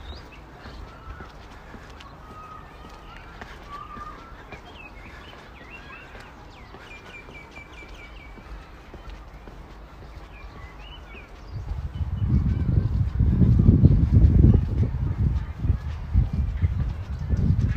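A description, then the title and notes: Outdoor ambience in a city park, with a quiet, steady bed of sound and scattered bird chirps and calls through the first two thirds. Around twelve seconds a low rumbling rises and stays loud to the end, like wind or movement. City Park Sounds. Walking In Modiin, Israel.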